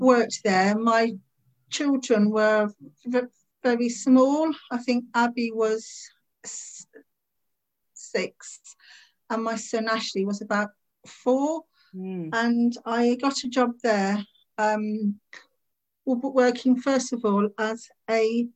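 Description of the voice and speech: A 57-year-old woman who has stammered since about age 3 speaks in short bursts broken by frequent pauses, including a two-second silent block before a number, stretched sounds like a drawn-out "were", a hesitant "um", and a cut-off restart before "working". These blocks and prolongations fit adult stuttering.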